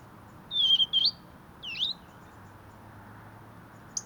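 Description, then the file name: European robin producing a pair of high thin notes ending in a rising flick, then a short swooping note and a brief high tick, soft low hum beneath. "Erithacus rubecula"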